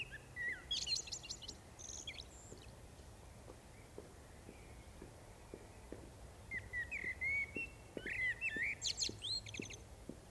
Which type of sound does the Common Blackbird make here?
song